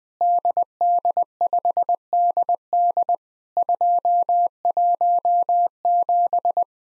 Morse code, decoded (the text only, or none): DD5DD 217